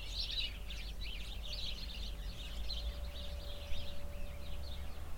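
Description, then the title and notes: Sparrows chirping together in a busy, overlapping stream of sharp notes over a low, constant wind noise. Flock of sparrows in a bush beside a cow pasture, Hupperdange, windy summer morning. "hupperdange, sparrows and cows. Hupperdange - Bird Bush. The sounds of a bush full of sparrows nearby a cow pasture on a windy summer morning. Project - Klangraum Our"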